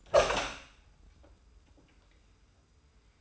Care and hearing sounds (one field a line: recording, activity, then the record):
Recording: daily activity, microphone in the room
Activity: open door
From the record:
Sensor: 2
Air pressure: 990.3 hPa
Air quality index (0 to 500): 185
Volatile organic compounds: 1000 ppm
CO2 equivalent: 5879 ppm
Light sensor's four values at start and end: 35/81/33/33 and 34/80/33/33